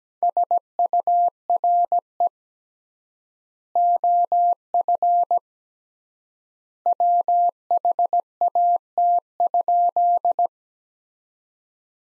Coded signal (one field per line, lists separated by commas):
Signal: Morse code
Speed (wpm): 17 wpm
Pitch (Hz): 700 Hz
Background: none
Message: SURE OF WHAT?